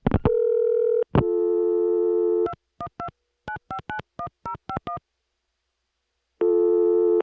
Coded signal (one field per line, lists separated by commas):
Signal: DTMF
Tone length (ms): 90 ms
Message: 2129591051